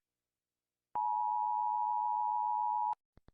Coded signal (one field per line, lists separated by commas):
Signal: Emergency Alert System (SAME) tones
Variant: 853 and 960 Hz attention tone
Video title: Rating EAS Alarms (PLEASE READ THE PINNED COMMENT)